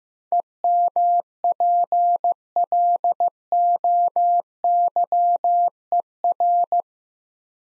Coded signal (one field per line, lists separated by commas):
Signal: Morse code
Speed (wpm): 16 wpm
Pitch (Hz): 700 Hz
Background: none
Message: EMPLOYER